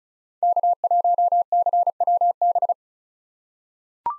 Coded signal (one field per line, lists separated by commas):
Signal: Morse code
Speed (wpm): 36 wpm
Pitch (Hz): 700 Hz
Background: none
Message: K1CWB